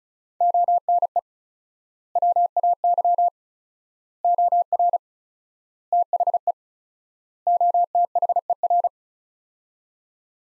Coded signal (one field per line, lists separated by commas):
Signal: Morse code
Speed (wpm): 36 wpm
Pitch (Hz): 700 Hz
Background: none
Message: ONE WAY OR THE OTHER